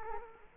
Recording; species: mosquito wingbeat signal from an infrared sensor; Culex quinquefasciatus